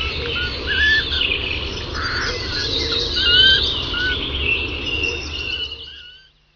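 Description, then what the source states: Mixed bird chorus of whistled and chirping notes, some slurred and rising, over a steady low rumble, fading out near the end. In the woods.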